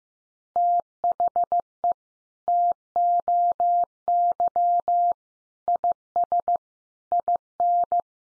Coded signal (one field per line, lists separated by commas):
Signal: Morse code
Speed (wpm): 15 wpm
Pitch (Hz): 700 Hz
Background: none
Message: THE TOY IS IN